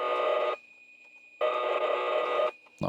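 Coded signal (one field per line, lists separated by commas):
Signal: computer data on cassette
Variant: Acorn Electron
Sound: two harsh screeching data bursts separated by a steady high carrier tone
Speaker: So let's unplug this audio jack here. Let's see if we hear the screechy noise. Oh, we do.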